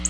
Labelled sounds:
Black-throated Blue Warbler flight call

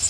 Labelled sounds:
Magnolia Warbler flight call

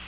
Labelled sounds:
Common Yellowthroat flight call

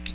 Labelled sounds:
Ovenbird flight call

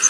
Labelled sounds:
Yellow Warbler flight call

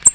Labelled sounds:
American Redstart flight call

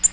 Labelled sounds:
Nashville Warbler flight call

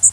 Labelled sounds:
Blackburnian Warbler flight call

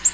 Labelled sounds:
Black-throated Green Warbler flight call

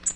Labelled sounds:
Tennessee Warbler flight call

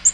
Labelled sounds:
Black-throated Green Warbler flight call

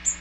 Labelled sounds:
Magnolia Warbler flight call

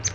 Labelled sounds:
Palm Warbler flight call

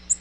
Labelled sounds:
Nashville Warbler flight call

